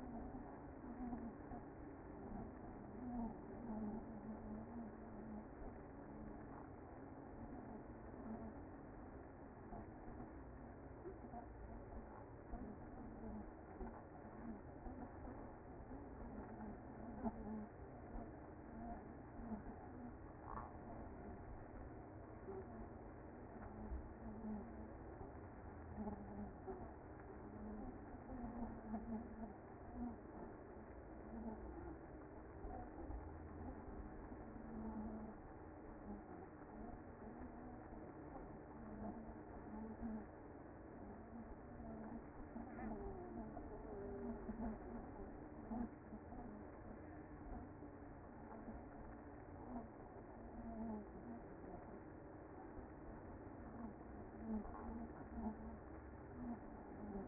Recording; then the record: honeybee colony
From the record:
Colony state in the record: active